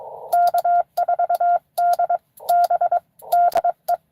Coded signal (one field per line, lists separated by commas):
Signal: Morse code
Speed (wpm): 23 wpm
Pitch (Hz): 690 Hz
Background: none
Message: K4DB DE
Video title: N2AKJ is live! Doing pota at us-2149 #pota #ssb